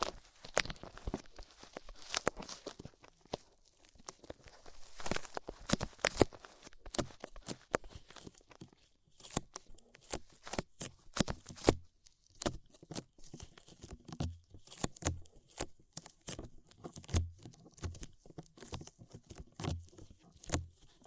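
Ear-cleaning sounds: dense, irregular crackles, crinkles and scratchy tearing bursts, with occasional deeper thumps and quieter gaps throughout.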